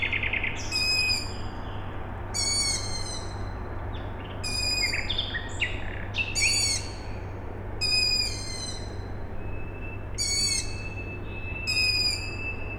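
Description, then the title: Owl chicks calling with repeated screechy, harmonic bursts, other bird notes in between, and a steady low hum beneath. Owl chicks calling at night, Tuesday 21 May 2019, Siemianowice Śląskie, Poland; industrial plant audible in background; recorded with Zoom H5 and Audio-Technica BP4025. "Siemianowice Śląskie, Polska - Owl chicks"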